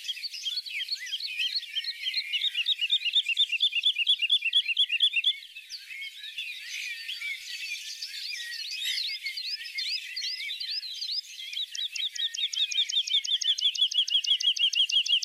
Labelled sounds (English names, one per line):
Wood Lark song